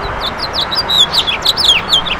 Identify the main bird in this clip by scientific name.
Haemorhous mexicanus